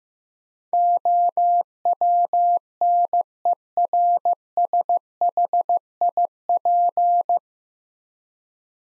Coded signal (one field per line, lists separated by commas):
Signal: Morse code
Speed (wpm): 15 wpm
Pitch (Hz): 700 Hz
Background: none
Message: OWNERSHIP